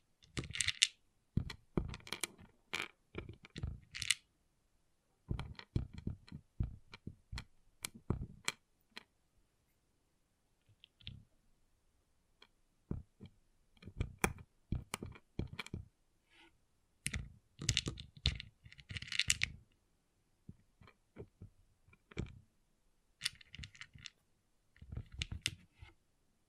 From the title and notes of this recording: ASMR Relaxing Pixel Art Beads ( No Talking).